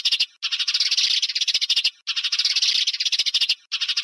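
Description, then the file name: Sparrow chatter, harsh rapid chirps in long bursts broken by brief pauses. "Tieng se keo"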